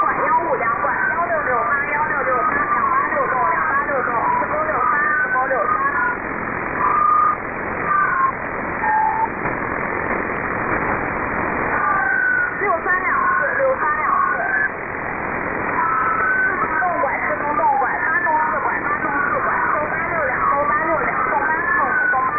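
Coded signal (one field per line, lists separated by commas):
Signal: unidentified radio signal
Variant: VC03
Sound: continuous robotic warbling of many short chirping tones over hiss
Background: radio static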